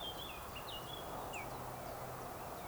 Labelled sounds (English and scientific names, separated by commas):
Eurasian Woodcock (Scolopax rusticola)